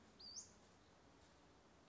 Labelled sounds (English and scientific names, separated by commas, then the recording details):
Western Flycatcher (Empidonax difficilis)
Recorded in Sonoma County, California